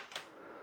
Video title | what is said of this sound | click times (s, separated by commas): 온라인 최저가 N쇼핑 론칭→유선카드단말기 KIS-1421 구매문의 1522-7221 | 구멍이 두 갠데 원하는 곳에 꽂으면 됩니다 자 들어가죠 이렇게 딱 소리가 나죠 | 0.2 s